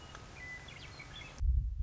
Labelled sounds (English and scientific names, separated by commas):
Western Meadowlark (Sturnella neglecta)